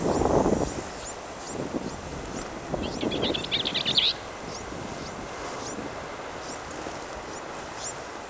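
Bell's vireo song: one quick, scratchy, run-together phrase of just over a second, with a low thump at the start and scattered faint chips.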